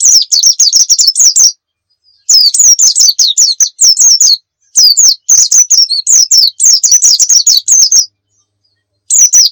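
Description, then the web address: White-eye singing rapid high-pitched twittering phrases separated by short pauses, with sharp slurred chirps throughout. Muria-type white-eye, used as a masteran (training song) for white-eyes. "pleci muria. masteran pleci"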